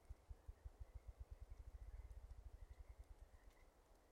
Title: Ruffed Grouse - Bonasa umbellus - male drumming